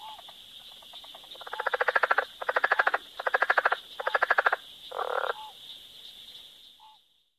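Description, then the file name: Southern leopard frog calls: five pulsed, chuckling croaks in a row, each about half a second of rapid clicks, over a steady high insect-like hum. "Southern Leopard Frog (Wild America)"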